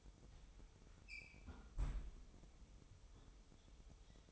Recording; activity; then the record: daily activity, microphone in the room; close fridge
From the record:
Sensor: 1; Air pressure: 988.4 hPa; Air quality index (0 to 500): 198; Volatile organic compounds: 983 ppm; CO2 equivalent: 5266 ppm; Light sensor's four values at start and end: 26/97/36/38 and 26/97/36/38